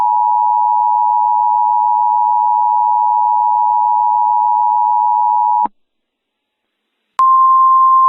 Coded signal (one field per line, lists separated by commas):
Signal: Emergency Alert System (SAME) tones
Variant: 853 and 960 Hz attention tone